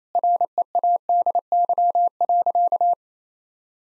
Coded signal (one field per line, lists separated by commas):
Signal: Morse code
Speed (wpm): 28 wpm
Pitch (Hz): 700 Hz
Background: none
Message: READY.